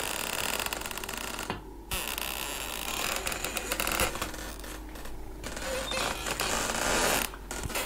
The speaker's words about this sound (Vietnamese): Thì ở bên kia, ngay bên gian bếp, tiếng mở cửa bỗng nhiên phát ra. Trong mưa gió ẩm ĩ như thế mà cái tiếng bản lề kêu lên ken két xoáy vào tai nó.